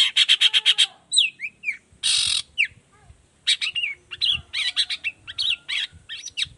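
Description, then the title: Long-tailed shrike song: a fast stuttering series opens, followed by harsh rasping notes and varied slurred whistles in a busy sequence. Energetic morning song with varied 'toet toet' notes, played as a lure to prompt other long-tailed shrikes of any type to reply and open their beaks. "Cendet Gacor Dor Di Kala Pagi Toet Toet Variasi Suara. Cendet Gacor Efektif Pancingan Buat Cendet Jenis Apapun Agar Cepat Nyaut Buka Paruh"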